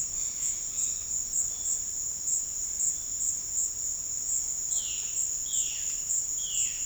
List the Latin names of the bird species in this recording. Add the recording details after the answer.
Cyanocorax violaceus. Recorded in dense forest near Puerto Asís, Putumayo, Colombia, on 13 March 2025 at 16:00. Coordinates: 0.484, -76.325. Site G045